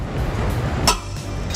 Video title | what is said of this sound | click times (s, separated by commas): 2014 Jeep Patriot Trailer Hitch Installation | we'll just keep tithing you until we hear that click just | 0.9 s